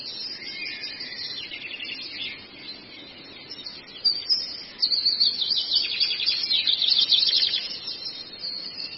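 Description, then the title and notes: Long-tailed shrike song: soft high chatter at first, then from midway a loud run of fast, buzzy, trilled phrases continuing until near the end, with constant hiss behind. Recording made as masteran training audio for songbirds. "Masteran Burung Cendet"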